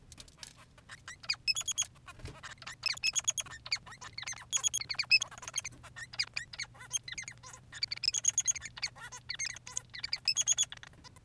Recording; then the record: song of a male Bengalese finch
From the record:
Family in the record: son of father 3